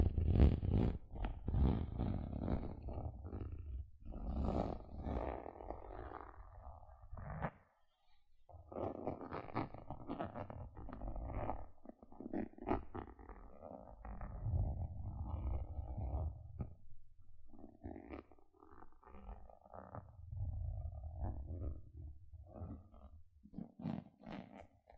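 Gentle scratching runs almost continuously, a dense, rough, rustling texture that is heavy in the low end with lighter crackly bits on top. The strokes come in uneven, busy bursts, with a brief silence near eight seconds and softer stretches around sixteen.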